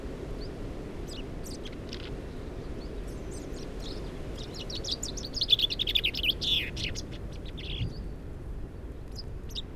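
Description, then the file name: Common chaffinch song, a quick run of high chipping notes that gathers into a brief rattling phrase midway, over steady low rumbling background noise. "Fringilla coelebs"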